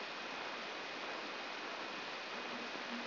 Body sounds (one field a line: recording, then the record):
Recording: brain microelectrode recording played as sound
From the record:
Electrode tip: inside the subthalamic nucleus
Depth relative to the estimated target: 1 mm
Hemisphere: left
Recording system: AlphaMap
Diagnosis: Parkinson's disease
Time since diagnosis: 11 years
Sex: female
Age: 62 years